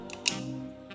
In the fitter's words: It takes a firm press of the latch to get it to disengage. It kind of has a satisfying click to it too.